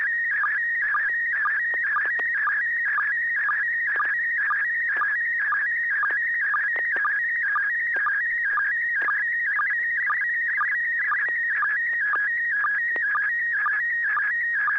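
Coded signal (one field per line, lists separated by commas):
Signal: SSTV (slow-scan television)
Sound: warbling tone shifting constantly in pitch, with regular short low blips about twice a second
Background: low hum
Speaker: we're going to go to the first one on the list here Alp India 6 Delta golf Joel do you have any pictures for us uh you're welcome to go ahead and send over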